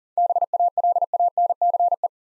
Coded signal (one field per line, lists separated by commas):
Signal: Morse code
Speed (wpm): 38 wpm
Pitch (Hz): 700 Hz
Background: none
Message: BALANCE